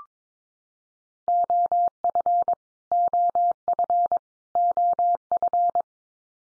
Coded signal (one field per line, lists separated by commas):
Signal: Morse code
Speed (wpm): 22 wpm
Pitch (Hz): 700 Hz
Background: none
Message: OF OF OF